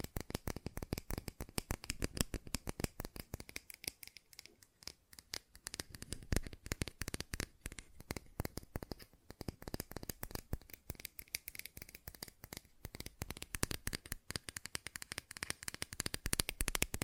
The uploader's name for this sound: Fast Tapping